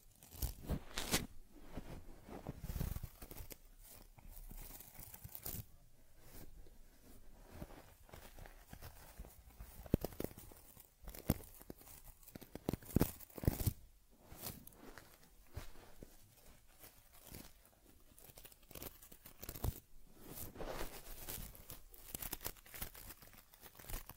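A teddy bear's fur is rubbed, brushed and combed in a steady run of soft scratchy, crinkling strokes. The strokes come quickly and unevenly, with sharper louder swipes around ten, thirteen and twenty seconds, and a hushed rustle between them.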